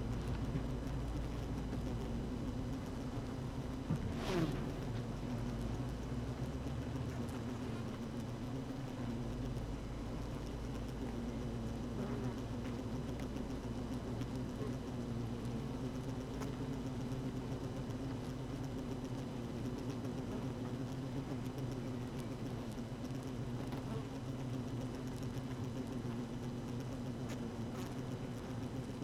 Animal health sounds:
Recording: honeybee colony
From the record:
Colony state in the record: active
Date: 12 June 2018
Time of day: 7:41

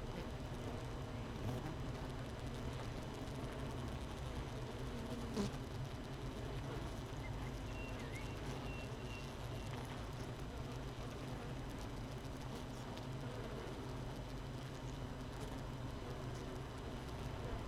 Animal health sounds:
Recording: honeybee colony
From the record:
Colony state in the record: missing queen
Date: 31 May 2018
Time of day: 7:25

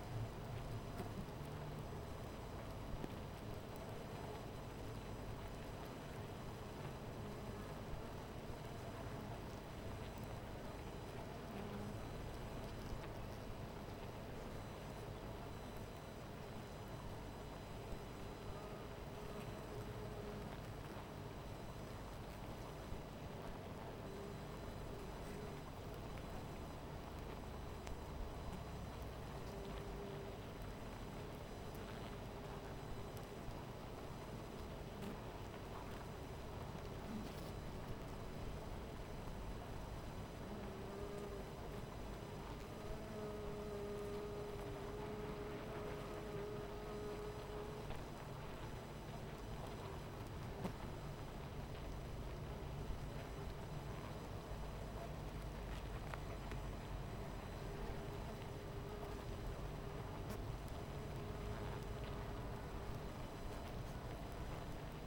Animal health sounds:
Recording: honeybee colony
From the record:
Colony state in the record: missing queen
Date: 14 July 2017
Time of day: 17:47

